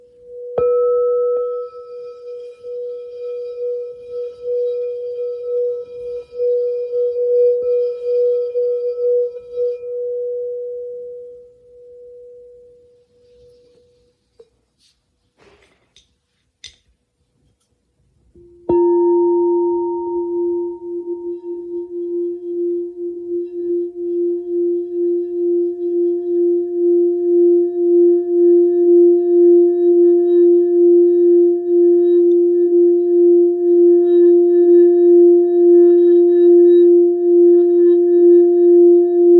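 A singing bowl hums a steady, pure mid tone that fades out by about fourteen seconds, followed by a few faint taps and a short silence. Near nineteen seconds a lower bowl is struck and sings, its gently pulsing hum slowly swelling louder through the end.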